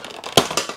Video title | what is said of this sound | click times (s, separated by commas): Part 1. Full installation video of the Denali Sound Bomb Split plug n play kit-BMW R1250GS | give it a bit of a firm pull and you'll hear it click okay | 0.4 s